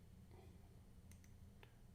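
A second blue plastic retaining clip is pushed onto a Bowden tube push-fit coupling and at first resists snapping under the coupling ring, since it only snaps in with a tube in place. Sharp clicks at 1.1 s and 1.6 s mark it snapping in and seating, with another short tick at 1.2 s over a steady low hum.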